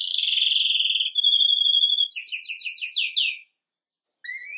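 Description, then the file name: Canary song with a sustained rolling trill followed by a quick series of downslurred chips, then a pause and a short rising note. "Canary Voice"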